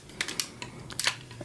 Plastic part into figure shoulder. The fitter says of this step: there we go and push in this way this direction and back and you'll hear it snap in